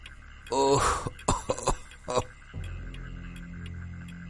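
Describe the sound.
An old man who is ill coughs and clears his throat in a few rough, hacking bursts at 10 pm in a dark house with all the lights off, the first strained and voiced, followed by a low steady hum in the background.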